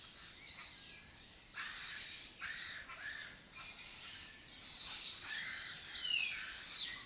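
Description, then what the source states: Lesser kestrel chatter, several rasping repeated notes from several overlapping birds. Breeding colony in an abandoned building complex in Doñana, southern Europe; migratory birds that forage in West Africa.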